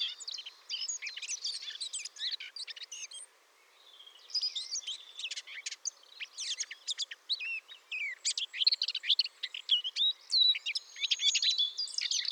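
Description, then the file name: Eurasian blackcap in a long, rambling scratchy warble of rapid mixed notes, pausing once near the start before running on continuously. "Sylvia atricapilla"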